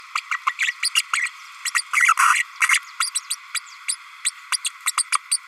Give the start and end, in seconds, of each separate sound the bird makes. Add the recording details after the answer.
0.15-0.21, 0.30-0.37, 0.46-0.54, 0.58-0.74, 0.82-0.90, 0.94-1.02, 1.13-1.30, 1.65-1.70, 1.74-1.83, 1.93-2.14, 2.19-2.44, 2.68-2.80, 3.00-3.11, 3.14-3.20, 3.30-3.35, 3.54-3.59, 3.88-3.96, 4.24-4.32, 4.51-4.58, 4.64-4.70, 4.86-4.92, 4.97-5.06, 5.12-5.19, 5.31-5.39. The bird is a female. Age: 32 days. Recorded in a nest box in Venezuela. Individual 17B32A5